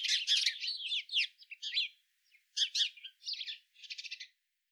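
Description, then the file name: House sparrow chirping: bursts of harsh, high chirps in quick runs, a pause near two seconds, then more chirp series ending in a rapid buzzy rattle. "Passer domesticus"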